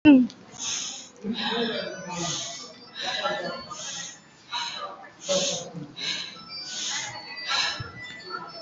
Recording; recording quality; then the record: shallow breathing; excellent, no background noise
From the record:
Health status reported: COVID-19 positive, mild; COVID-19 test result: positive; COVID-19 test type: RT-PCR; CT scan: not taken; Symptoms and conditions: cough, loss of smell and taste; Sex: female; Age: 32 years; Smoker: no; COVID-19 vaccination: one dose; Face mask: worn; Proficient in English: yes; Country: India